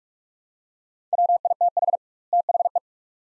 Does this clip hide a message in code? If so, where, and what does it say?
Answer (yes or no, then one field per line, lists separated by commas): yes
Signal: Morse code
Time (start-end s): 1.1-2.8 s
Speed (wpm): 43 wpm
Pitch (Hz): 700 Hz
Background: none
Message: WITH THE